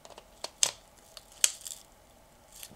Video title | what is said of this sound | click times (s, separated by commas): Shark FlexStyle Review and Demo! Brush and Curler Attachments | satisfying little click and you can depress this button | 0.6 s, 1.4 s